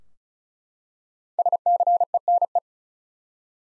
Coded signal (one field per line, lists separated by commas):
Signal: Morse code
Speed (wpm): 34 wpm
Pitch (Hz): 700 Hz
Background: none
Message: SCENE